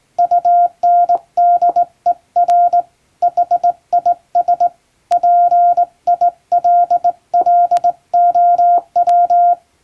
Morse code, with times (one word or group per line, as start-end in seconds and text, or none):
0.2-2.8 UNDER
3.2-4.7 HIS
5.1-9.5 PILLOW